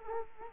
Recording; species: mosquito wingbeat signal from an infrared sensor; Culex quinquefasciatus